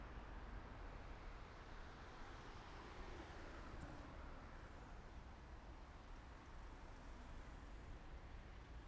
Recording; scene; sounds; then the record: everyday scene through a hearing-aid microphone; in traffic; traffic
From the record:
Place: main city hub, rush hour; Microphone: behind the ear, right, front